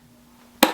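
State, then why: Seated. A Dometic cooler lid is pushed down a little so its latch engages the cooler body; until the latch clicks, the lid only looks shut and is not fully closed. After a quiet stretch, a single sharp, bright click sounds at 0.6 s and fades quickly. The lid latch clicks shut and the lid is seated.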